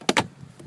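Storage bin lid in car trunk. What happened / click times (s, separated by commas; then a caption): The storage bin lid clicks open / 0.1 s, 0.2 s. The small hinged cover of a storage bin in the trunk of a 1995 Mercedes-Benz S500 Lorinser coupe (C140/W140), beside the spare tire area, is flipped over and opened by hand. Two sharp clicks sound at 0.1 s and 0.2 s, followed by a faint tick near 0.6 s. The lid releases and comes open.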